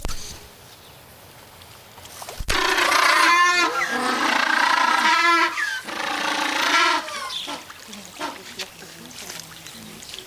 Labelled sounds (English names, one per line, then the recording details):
African Penguin call
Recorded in captivity
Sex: group
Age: diverse
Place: Tierpark Berlin, Berlin, DE
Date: 1983-12-24 11:42
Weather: partly sunny, 1-3°C, no wind
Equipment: Nagra SN, Sennheiser MKH 416 T, Kopie Uher 4000 Report Monitor
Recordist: Tembrock, Günter
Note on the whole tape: Verschiedene Exemplare: Rufreihen, Paarlaute und Einzelrufe